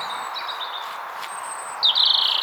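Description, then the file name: European robin song: faint thin high whistles, then a louder rapid warbled trill at the end. "Erithacus rubecula"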